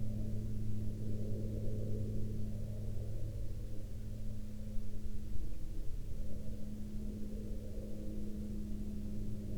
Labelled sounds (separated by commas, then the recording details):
aircraft
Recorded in the Arctic National Wildlife Refuge, Alaska, on 14 May 2021 at 12:18
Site 46